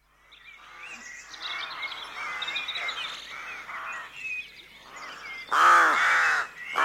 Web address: BBC. rookery at dawn also calls from jackdaw